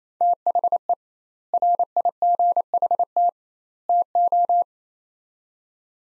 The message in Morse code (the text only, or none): THE RIGHT TO